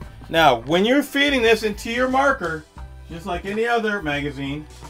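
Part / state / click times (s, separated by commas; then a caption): paintball magazine into paintball marker magazine well / not seated / none. A continuous-feed paintball magazine is handled just before being pushed into the magazine well of a mag-fed paintball marker while someone talks. Nothing has seated or clicked yet; the clip ends before the magazine goes home and latches.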